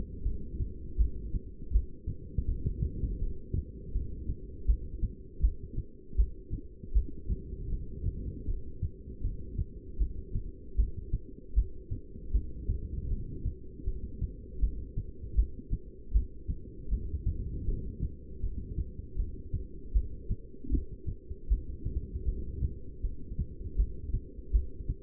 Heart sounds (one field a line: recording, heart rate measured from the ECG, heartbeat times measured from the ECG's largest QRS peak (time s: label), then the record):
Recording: heart sounds by stethoscope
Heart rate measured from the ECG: 79 bpm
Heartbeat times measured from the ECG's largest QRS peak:
0.24 s: heartbeat
0.98 s: heartbeat
1.73 s: heartbeat
2.47 s: heartbeat
3.20 s: heartbeat
3.94 s: heartbeat
4.67 s: heartbeat
5.42 s: heartbeat
6.17 s: heartbeat
6.94 s: heartbeat
7.71 s: heartbeat
8.47 s: heartbeat
9.23 s: heartbeat
9.99 s: heartbeat
10.77 s: heartbeat
11.55 s: heartbeat
12.33 s: heartbeat
13.09 s: heartbeat
13.86 s: heartbeat
14.61 s: heartbeat
15.36 s: heartbeat
16.13 s: heartbeat
16.90 s: heartbeat
17.66 s: heartbeat
18.42 s: heartbeat
19.17 s: heartbeat
19.94 s: heartbeat
20.71 s: heartbeat
21.49 s: heartbeat
22.26 s: heartbeat
23.02 s: heartbeat
23.77 s: heartbeat
24.52 s: heartbeat
From the record:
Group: heart failure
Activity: rest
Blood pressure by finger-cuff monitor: 185/135 mmHg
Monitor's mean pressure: 151 mmHg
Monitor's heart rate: 79 bpm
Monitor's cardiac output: 6.8 L/min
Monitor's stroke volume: 86 mL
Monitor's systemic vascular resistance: 1710 dyn s/cm5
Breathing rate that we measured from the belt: 13 breaths a minute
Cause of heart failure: non-ischemic cardiomyopathy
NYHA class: 1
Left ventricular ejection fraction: 62%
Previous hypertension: present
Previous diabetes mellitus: present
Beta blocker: bisoprolol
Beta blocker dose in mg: 10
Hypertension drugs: sacubitril-valsartan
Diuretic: furosemide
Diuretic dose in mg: 20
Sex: male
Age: 49 years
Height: 167 cm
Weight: 110 kg